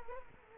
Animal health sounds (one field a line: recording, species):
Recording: mosquito wingbeat signal from an infrared sensor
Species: Culex quinquefasciatus